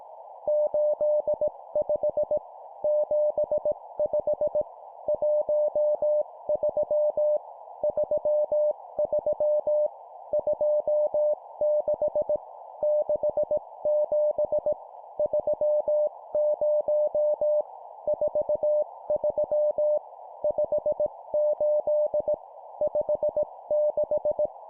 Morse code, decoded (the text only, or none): 85 75 13 33 26 67 30 43 58 56